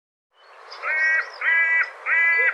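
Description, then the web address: Bird calls: three harsh, nasal notes with rich harmonics, given in a steady series. "cianscape birddata"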